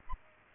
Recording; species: mosquito wingbeat signal from an infrared sensor; Aedes aegypti